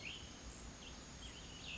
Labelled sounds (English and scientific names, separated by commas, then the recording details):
Cassin's Vireo (Vireo cassinii)
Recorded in Sonoma County, California